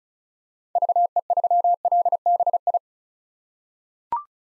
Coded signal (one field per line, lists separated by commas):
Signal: Morse code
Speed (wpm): 36 wpm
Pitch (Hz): 700 Hz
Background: none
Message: VE3LBI